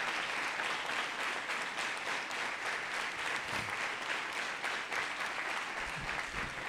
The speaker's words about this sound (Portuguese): Então aplaudam o Senhor pela vida desses líderes.